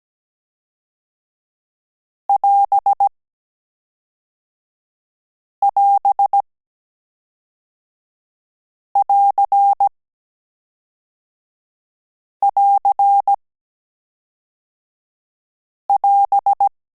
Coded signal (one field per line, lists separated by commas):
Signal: Morse code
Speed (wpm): 17 wpm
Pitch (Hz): 800 Hz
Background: none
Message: <AS><AS><AR><AR><AS>